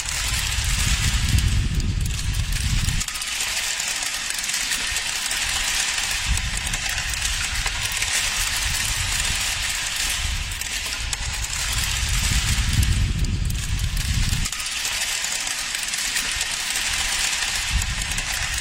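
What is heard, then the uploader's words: Hail falls in a dense, steady clatter of countless small hits, bright and hissing across the whole recording. A deep low rumble swells in and out, strongest in the first three seconds and again around eleven to fourteen seconds, then fading. Hail Sound.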